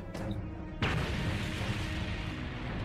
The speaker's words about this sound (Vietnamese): Tiếng nổ vang trời dậy đất truyền ra khắp nơi, khiến vô số ánh mắt đổ dồn về.